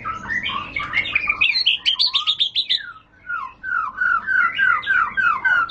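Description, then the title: White-rumped shama song: quick, varied whistled phrases sliding up and down, a brief pause near the middle, then a run of rich, falling slurred notes. Lure (pancingan) of a high-class bird, sought for training and tutoring caged birds. "Pancingan Murai Batu Berkelas Banyak Di Cari Buat Masteran"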